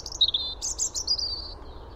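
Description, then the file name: European robin song: a thin, high, wavering phrase of sweet notes, briefly rising then sliding down into a fading trill. "Erithacus rubecula"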